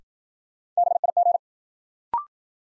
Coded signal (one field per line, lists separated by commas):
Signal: Morse code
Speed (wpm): 53 wpm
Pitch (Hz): 700 Hz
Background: none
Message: BIG